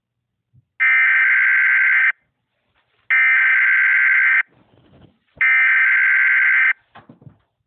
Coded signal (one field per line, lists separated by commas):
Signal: Emergency Alert System (SAME) tones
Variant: header bursts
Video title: NATIONAL EAS TEST (MOCK)